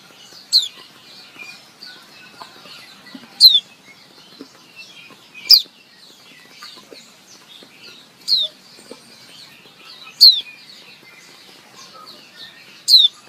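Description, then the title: White-eye uttering six bright, high descending call notes at irregular gaps of two to three seconds. Female calling a male, intended to make males sing actively; offered as therapy sound for birds. "Suara Pleci Betina Memanggil Jantan agar Gacor - Suara Pleci Betina untuk Terapi. Leyden Fugle"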